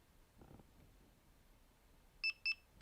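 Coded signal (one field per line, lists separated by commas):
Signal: beep code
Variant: Delkim bite alarm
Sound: a soft low thump, then two short high beeps in quick succession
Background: quiet room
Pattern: 2 short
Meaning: Setup mode has been entered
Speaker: go into setup mode wait for two beeps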